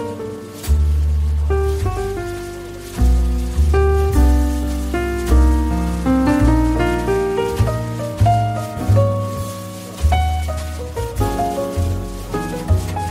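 Relaxing coffee shop music plays steadily, with deep bass notes changing every second or two under a mellow, mid-range melody of held notes. The volume swells in a regular pulse, and a soft, rain-like hiss runs faintly beneath the music throughout.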